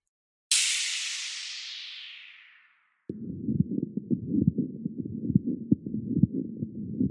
This is a pericardial friction rub, and it has three components to it. This one does, two in diastole, one in systole. It kind of has a scratchy quality to it.